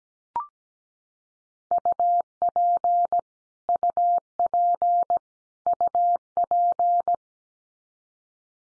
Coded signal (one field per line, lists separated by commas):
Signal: Morse code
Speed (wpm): 17 wpm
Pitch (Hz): 700 Hz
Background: none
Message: UP UP UP